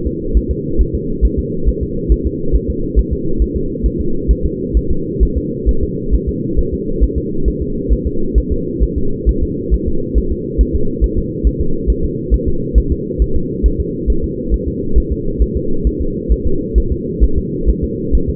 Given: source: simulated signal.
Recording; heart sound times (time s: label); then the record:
fetal heart sounds
0.07 s: S2
0.37 s: S1
0.51 s: S2
0.81 s: S1
0.95 s: S2
1.25 s: S1
1.39 s: S2
1.69 s: S1
1.83 s: S2
2.12 s: S1
2.27 s: S2
2.55 s: S1
2.70 s: S2
2.99 s: S1
3.13 s: S2
3.42 s: S1
3.56 s: S2
3.86 s: S1
4.01 s: S2
4.31 s: S1
4.46 s: S2
4.77 s: S1
4.91 s: S2
5.23 s: S1
5.38 s: S2
5.69 s: S1
5.84 s: S2
6.14 s: S1
6.29 s: S2
6.59 s: S1
6.74 s: S2
7.03 s: S1
7.18 s: S2
7.48 s: S1
7.62 s: S2
7.93 s: S1
8.07 s: S2
8.38 s: S1
8.52 s: S2
8.83 s: S1
8.98 s: S2
9.29 s: S1
9.43 s: S2
9.74 s: S1
9.88 s: S2
10.18 s: S1
10.32 s: S2
10.61 s: S1
10.75 s: S2
11.04 s: S1
11.18 s: S2
11.47 s: S1
11.61 s: S2
11.90 s: S1
12.05 s: S2
12.34 s: S1
12.48 s: S2
12.78 s: S1
12.92 s: S2
13.22 s: S1
13.36 s: S2
13.66 s: S1
13.80 s: S2
14.10 s: S1
14.24 s: S2
14.54 s: S1
14.68 s: S2
14.98 s: S1
15.12 s: S2
15.42 s: S1
15.57 s: S2
15.87 s: S1
16.02 s: S2
16.32 s: S1
16.47 s: S2
16.78 s: S1
16.92 s: S2
17.24 s: S1
17.38 s: S2
17.69 s: S1
17.84 s: S2
18.15 s: S1
18.30 s: S2
From the record:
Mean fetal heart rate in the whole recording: 135 bpm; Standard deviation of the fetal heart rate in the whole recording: 3 bpm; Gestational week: 34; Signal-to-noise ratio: -8.1 dB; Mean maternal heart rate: 72 bpm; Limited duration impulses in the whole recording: absent